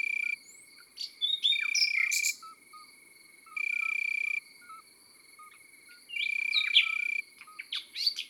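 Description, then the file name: Common nightingale singing short varied phrases of sweeping whistles and chirps; loud pulsed cricket trills come in about one-second bursts, with quiet low notes underneath. Countryside setting. "Rossignol philomele - Chants d'oiseaux dans la campagne"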